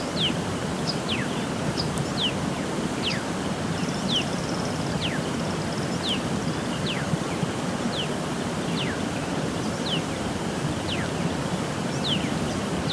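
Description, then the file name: Black-chested mountain tanager calls, sharp downward-sliding notes spaced about half a second to a second apart, with a brief high buzz early and steady rushing noise. "Buthraupis eximia - Black-chested Mountain Tanager"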